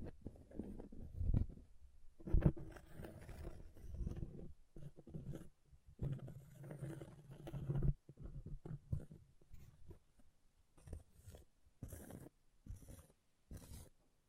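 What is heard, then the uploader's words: Object scratching: rough, grainy scraping strokes that come and go in uneven bursts, heaviest in the first eight seconds with a low rumbling body. Later the scratches turn shorter and sharper, brief hissy strokes at roughly one-second intervals, with short silences between. ASMR Brain Melting Object Scratching (No Talking).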